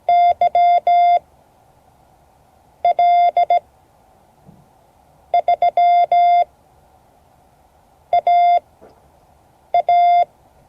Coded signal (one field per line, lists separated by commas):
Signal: Morse code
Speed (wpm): 16 wpm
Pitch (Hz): 700 Hz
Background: none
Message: YL3AA